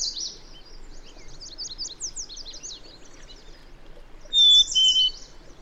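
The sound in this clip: Bird song: high buzzy phrases and scattered sharp notes, then two loud, pure whistles late on.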